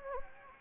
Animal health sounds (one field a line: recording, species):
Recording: mosquito wingbeat signal from an infrared sensor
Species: Anopheles gambiae